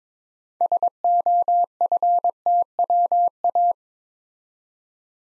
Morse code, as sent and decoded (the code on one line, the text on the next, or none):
... --- ..-. - .-- .-
SOFTWA